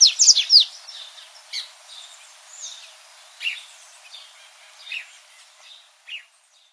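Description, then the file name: Dubois's seedeater: a short, loud burst of high chirps at the start, then a few isolated soft notes spaced roughly a second apart. "Canto do Papa capim de costas cinzas"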